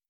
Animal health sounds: hydrophone in a shrimp aquaculture tank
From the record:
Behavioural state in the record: stressed

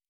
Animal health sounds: hydrophone in a shrimp aquaculture tank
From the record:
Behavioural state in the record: normal

